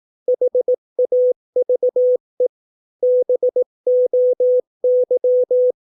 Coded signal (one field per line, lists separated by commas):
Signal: Morse code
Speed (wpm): 18 wpm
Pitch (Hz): 500 Hz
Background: none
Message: HAVE BOY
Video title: 200 words 18 WPM (Morse code practice)